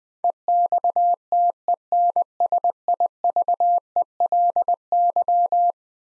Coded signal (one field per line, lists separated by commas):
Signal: Morse code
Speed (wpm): 20 wpm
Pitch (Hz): 700 Hz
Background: none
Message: EXTENSIVELY